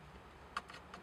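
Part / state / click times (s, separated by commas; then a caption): plastic dash trim panel into the car dashboard / not seated / none. A plastic dash trim panel is handled against the dashboard of a 2014 Subaru Legacy Outback during a GPS navigation DVD car stereo installation. Over a low steady hum, a sharp light tap sounds at about 0.6 s, followed by softer brief ticks around 0.7 to 0.75 s and 0.9 s. Nothing has seated or clicked yet; the panel's clips are not yet home.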